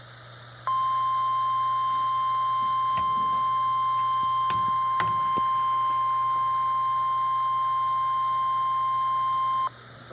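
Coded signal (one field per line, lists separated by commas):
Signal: Emergency Alert System (SAME) tones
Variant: 1050 Hz attention tone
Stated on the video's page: Required Weekly Test on NOAA Weather Radio station WXM57.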